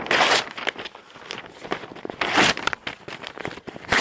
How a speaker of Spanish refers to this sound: El loco empieza a hojear los papeles que hay encima de la mesa del comisario. Aquí está la denuncia. Pues la rompemos y en paz.